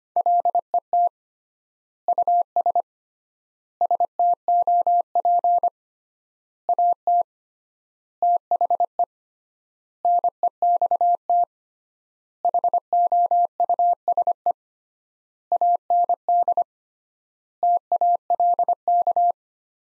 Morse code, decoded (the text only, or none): LET US STOP AT THE NEXT HOUSE AND TALK